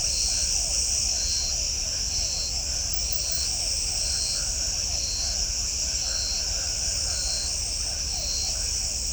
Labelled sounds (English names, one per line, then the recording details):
none
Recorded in shrubland near Pivijay, Magdalena, Colombia, on 4 June 2023 at 23:00
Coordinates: 10.453, -74.365
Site P5-G022